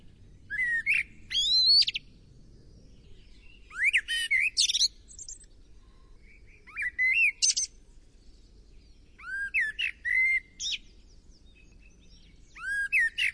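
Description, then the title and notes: Bird song given as repeated phrases of rising whistles and rapid chirps, about every two to three seconds, with a continuous low background hum. "Bird Sound. Kicau Burung Lengkap"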